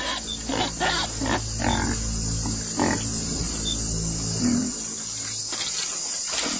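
A pig gives a few low, snuffling grunts and snorts against a steady wash of chirping crickets and insects in a nighttime jungle.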